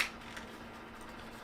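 The extended front section of a plastic toy motorcycle is handled as it is pushed back in, with a brief bright burst of handling noise at the start and a faint tick near 0.4 s over a steady low hum. Nothing has seated or clicked yet; the clip ends before the part snaps into place.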